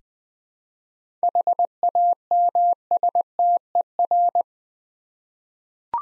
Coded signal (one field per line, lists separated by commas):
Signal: Morse code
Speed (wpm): 20 wpm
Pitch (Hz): 700 Hz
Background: none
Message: HAMSTER